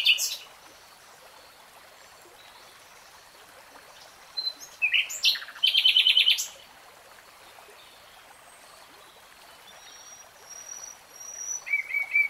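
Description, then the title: Nightingale: songbird phrases in short bursts: chirps, a quick buzzy trill and a later high whistle, separated by long quiet gaps. Nightingale singing, recorded in real time. "[Tiếng chim hót] 3 Hours REALTIME Nightingale Singing"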